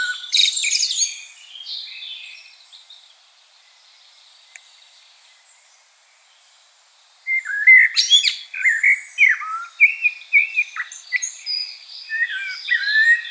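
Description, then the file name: Common blackbird song: a burst of scratchy high twitter, a long quiet gap, then a run of rich warbled phrases laced with squeaky trills. "Turdus merula"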